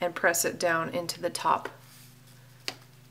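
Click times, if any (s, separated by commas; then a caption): 2.7 s. Someone talks while pressing a thumbtack down into the dropper tip of a small Marabu alcohol ink bottle after pinching its lid off. A quiet pause follows, then a sharp click at 2.7 s as the tip gives way and the bottle is opened.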